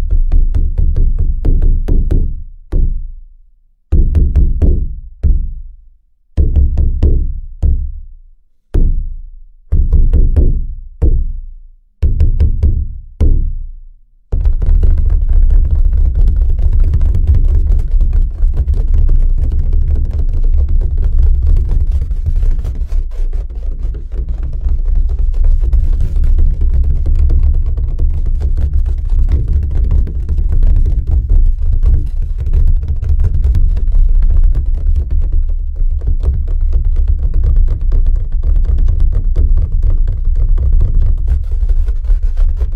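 A deep drum is struck in single booming beats, each ringing out before the next, with the strikes coming closer together over the first fourteen seconds. It then breaks into a dense, continuous roll that holds steady and heavy through to the end.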